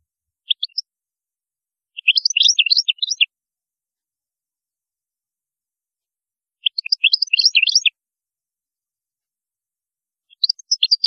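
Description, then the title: European goldfinch song: rapid bursts of bright, jangling twitters about a second long, repeated after several-second pauses. "Chant Chardonneret"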